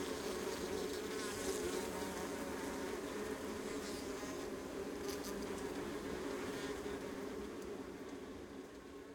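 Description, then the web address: Honey bees hum together as a thick, unbroken colony drone, with a few light scratchy ticks rising through the mix. Honey bee colony recorded close up on the Adriatic coast, northern Mediterranean. "Ivo Vicic - Northern Mediterranean soundscapes - Adriatic sea. Honey bee colony close"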